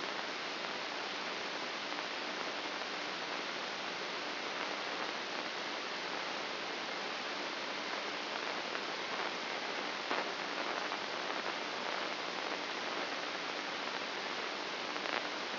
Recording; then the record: brain microelectrode recording played as sound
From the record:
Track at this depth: inside the subthalamic nucleus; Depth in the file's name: 3.232 mm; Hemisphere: left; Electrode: 2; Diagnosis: Parkinson's disease